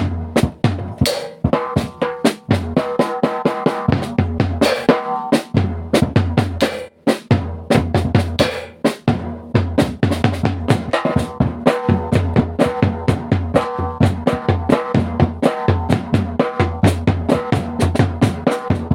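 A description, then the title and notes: A drum kit plays alone, with sharp hits following each other in a steady, busy pattern. Deep kick thumps and bright cymbal and snare strikes mix with ringing tom tones. Near seven seconds the playing thins briefly into a short break before the steady groove resumes. Pure drum recording.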